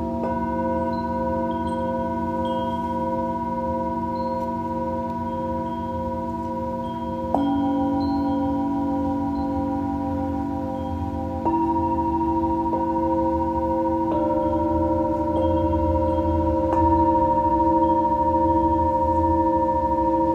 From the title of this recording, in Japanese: シンギングボウルのサウンドヒーリング